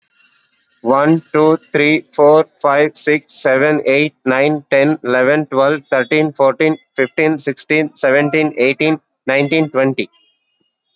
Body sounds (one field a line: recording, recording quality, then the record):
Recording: counting at a fast pace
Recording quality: moderate, slight background noise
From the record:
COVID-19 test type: RT-PCR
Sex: male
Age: 29 years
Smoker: no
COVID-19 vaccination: both doses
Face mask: worn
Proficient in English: yes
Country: India